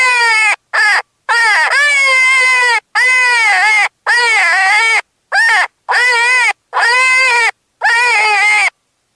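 Cottontail rabbit distress cries: about nine harsh, wavering screams of varied length, some short and clipped, others long and bending in pitch.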